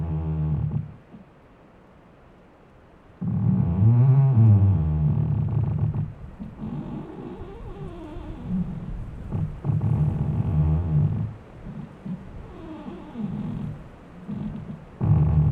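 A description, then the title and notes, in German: A squeaking tree groans in low, wavering creaks that start after a brief quiet, swelling and fading repeatedly through the rest of the recording. Ein Ohr an einem quietschenden Baum.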